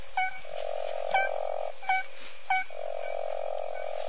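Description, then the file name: Smooth horned frog calls: two long, steady, mid-pitched droning notes, each over a second, with short harmonic pips in between. "Proceratophrys boiei"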